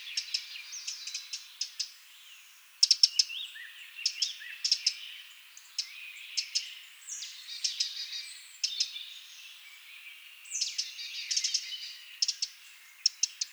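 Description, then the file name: Eurasian wren producing repeated dry, clicking ticks in short bursts throughout, mixed with busy twittering from other birds. "Troglodytes troglodytes"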